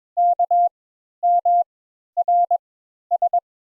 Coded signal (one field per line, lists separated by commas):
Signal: Morse code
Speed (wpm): 21 wpm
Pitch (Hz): 700 Hz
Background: none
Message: K M R S